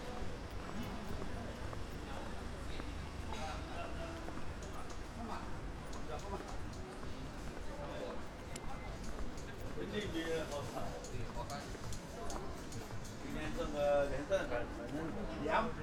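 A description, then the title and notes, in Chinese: On a university road, people keep talking over a steady low traffic rumble, with scattered clicks and brief bright tones, louder near the end. 大学路。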